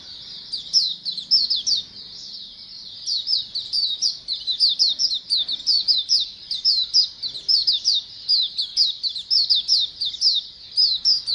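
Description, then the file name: Many white-eyes chirping at once, a steady, busy twitter of high, thin, slurred notes repeated rapidly throughout without pause. A colony of white-eyes calling together. "suara pleci koloni omkicau"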